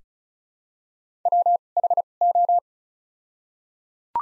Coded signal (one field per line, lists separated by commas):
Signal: Morse code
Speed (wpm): 36 wpm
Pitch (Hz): 700 Hz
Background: none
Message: W H O